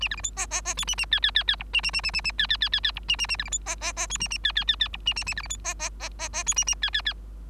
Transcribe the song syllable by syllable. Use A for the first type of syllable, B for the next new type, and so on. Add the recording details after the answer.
A B C D E E E F A A G G G G H A A A A A A G G G G G H A A A B C D E E E F A A G G G G H A A A B C D E E E E E F A A G G G. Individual Bird3